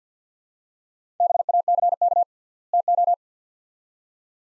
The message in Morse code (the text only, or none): BACK TO